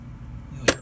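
A small metal spring latch on the engine air filter housing (air box) of a 2011 Honda Odyssey EX-L is unclipped by hand, with no tools, over a low steady rumble. A single sharp, loud pop rings out at 0.7 s as the latch snaps open and is released.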